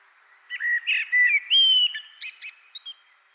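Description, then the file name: Common blackbird song with several mellow fluting notes rising and falling, ending in a scratchy, high-pitched twitter. "Turdus merula"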